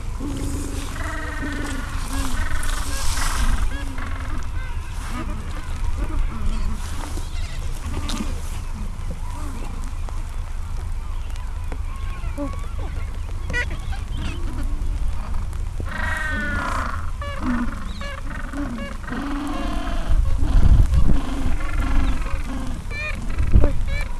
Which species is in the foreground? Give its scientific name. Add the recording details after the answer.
Pygoscelis papua. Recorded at the colony at Gold Harbour, on 26 December 2014. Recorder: Song Meter SM2+